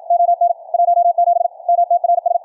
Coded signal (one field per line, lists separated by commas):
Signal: Morse code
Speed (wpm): 53 wpm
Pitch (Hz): 690 Hz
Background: none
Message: ON 17 MTRS